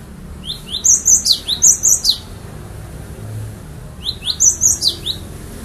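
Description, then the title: Bird song: high, rapid chattering chirps in a longer opening burst and a shorter later one, with constant low background noise. "kikicau"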